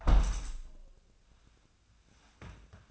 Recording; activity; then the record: daily activity, microphone in the room; close window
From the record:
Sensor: 2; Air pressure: 1012.1 hPa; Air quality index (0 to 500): 132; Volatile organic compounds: 1 ppm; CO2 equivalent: 975 ppm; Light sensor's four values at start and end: 176/425/178/186 and 178/429/180/189